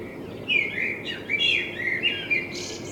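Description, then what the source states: Common blackbird song phrase: a flowing, mellow warble closing with a scratchy high flourish. Binaural dummy-head recording with a self-built artificial head, made in front of the recordist's window; intended for headphone listening.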